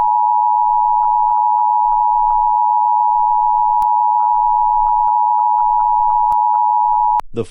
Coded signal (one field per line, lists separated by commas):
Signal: Emergency Alert System (SAME) tones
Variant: 853 and 960 Hz attention tone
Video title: Not Really Independent EAS Scenario LATE